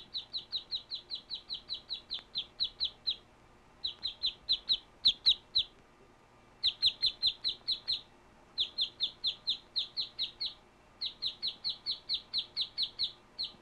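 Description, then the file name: Bird chirping: bright, high chirps in fast runs, broken by short pauses. "Birds chirping and tweeting"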